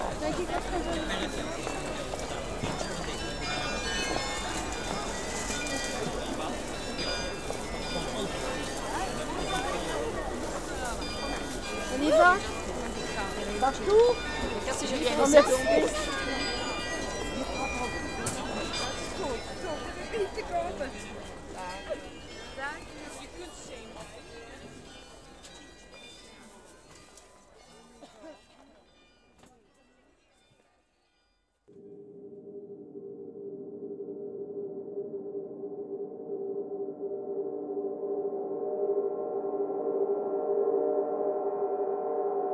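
A busy market's crowd chatter, with a few sharp clatters around 12 and 15 seconds, fades out; after a brief silence, steady ringing carillon tones follow.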